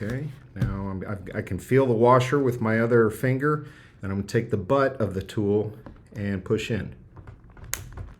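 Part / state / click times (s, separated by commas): quick release fastener pushed into its washer/mount on the panel / seated / 7.7 s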